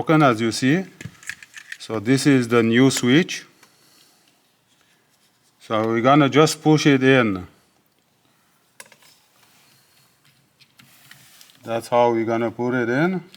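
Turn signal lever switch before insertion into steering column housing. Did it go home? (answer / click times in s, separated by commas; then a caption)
no / none. Someone talks while handling a new plastic turn signal lever/cruise control switch for a 2003–2011 SAAB 9-3 before pushing it into the steering column housing. Between the speech there are only faint handling ticks, around 8.8 s and 10.8–11.5 s. Nothing has seated or clicked yet.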